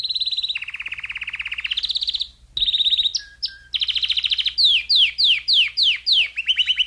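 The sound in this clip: Domestic canary song: rapid trills at steady pitches, shifting between tours, then a series of quick descending sweeps and a final lower trill.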